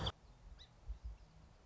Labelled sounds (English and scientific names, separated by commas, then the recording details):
Song Sparrow (Melospiza melodia)
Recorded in Sonoma County, California